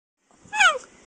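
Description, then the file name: Cheetah giving a single short, bird-like chirp that slides downward in pitch. "gepard"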